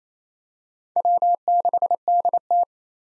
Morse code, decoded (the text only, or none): W6DT